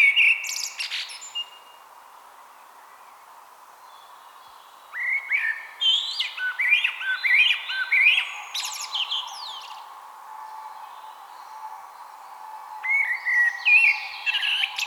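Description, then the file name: Eurasian blackbird with a brief phrase at first, then a long run of varied flute-like notes and chittering flourishes, and another phrase near the end. "Turdus merula"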